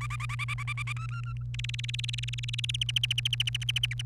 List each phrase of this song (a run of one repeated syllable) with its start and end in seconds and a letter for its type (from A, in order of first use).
0.01-0.93 A, 0.96-1.43 B, 1.54-2.76 C, 2.81-4.02 D